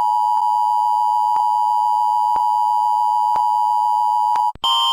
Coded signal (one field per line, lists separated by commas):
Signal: Emergency Alert System (SAME) tones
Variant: 853 and 960 Hz attention tone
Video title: Rating EAS Alarms (The Most Accurate One but Short!) (COMMUNITY PAGE SPECIAL!)